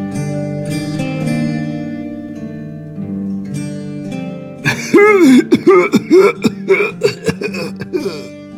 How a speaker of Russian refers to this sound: На этот раз приступ кашля был особенно сильным. Казалось, мужчину, лежащего на широкой постели с балдахином, сейчас вывернет наизнанку. Или, как минимум, он начнет выплевывать свои легкие.